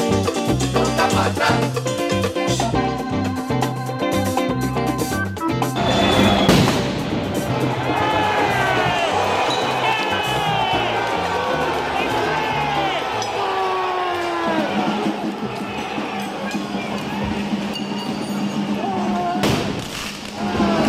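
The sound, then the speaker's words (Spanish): A dense crowd of protesters in the streets of Paris on May Day, 1 May, shouts and chants loudly and continuously in French, many voices overlapping, with steady rhythmic thumping like drumbeats during the opening seconds. “Bueno, este son el sonido de fondo, ya que no tenemos traducido los gritos de Madero hijo de puta en francés, pero más o menos nos lo imaginamos.”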